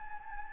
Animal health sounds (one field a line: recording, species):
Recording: mosquito wingbeat signal from an infrared sensor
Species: Anopheles gambiae